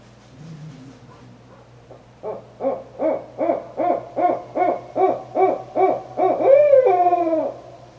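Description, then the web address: Barred owl calling: a quick run of many even, rhythmic hoots ending in a long drawn-out descending hoo-aaw. Recorded on 5 November 2011. "Barred Owl 2011 11 05"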